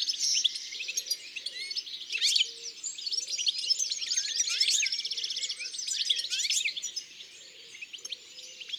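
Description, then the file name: European goldfinch song: a fast, continuous tinkling twitter of high chirps and trills, with faint low repeated notes underneath. "Chardonneret elegant ABC des chants doiseaux"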